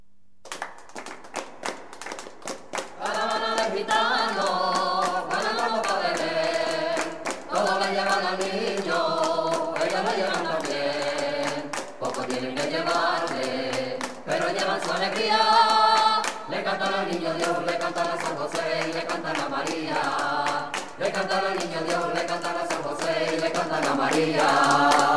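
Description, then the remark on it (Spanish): A Spanish folk Christmas carol sung by a folk group from Salamanca, voices over steady rhythmic hand clapping, starting softly and then continuing loud and lively with a flowing melody throughout. “Hemos elegido un villancico para empezar, aunque no estemos ya en época de villancico,”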